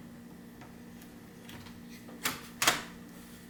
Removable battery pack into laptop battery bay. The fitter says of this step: slides back in the way it came out. Clicks into place.